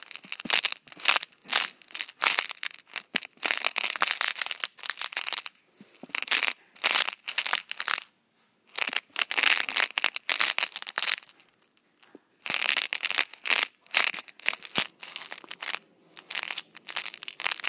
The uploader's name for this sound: M&M’s Rolling in a Can